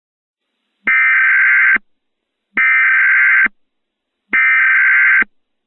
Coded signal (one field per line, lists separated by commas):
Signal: Emergency Alert System (SAME) tones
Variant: header bursts